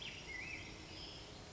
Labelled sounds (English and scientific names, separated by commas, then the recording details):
Black-headed Grosbeak (Pheucticus melanocephalus)
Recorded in Sonoma County, California